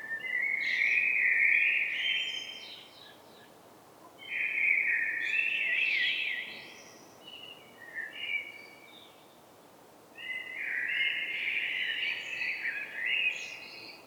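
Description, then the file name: Common blackbird song: several warbled, flute-like phrases with thin high notes, with pauses between them. "Turdus merula"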